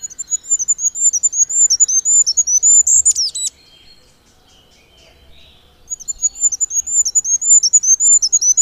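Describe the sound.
Goldcrest song: very high, thin see-saw phrases ending in a quick flourish, a clear pause, then the high repeated notes start again.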